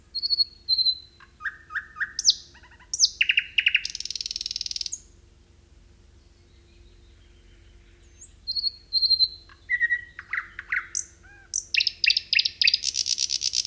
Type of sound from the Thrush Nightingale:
song